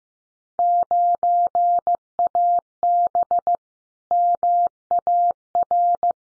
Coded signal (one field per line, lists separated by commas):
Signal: Morse code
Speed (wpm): 15 wpm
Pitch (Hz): 700 Hz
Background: none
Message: 9AB MAR